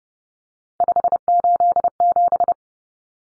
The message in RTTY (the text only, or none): none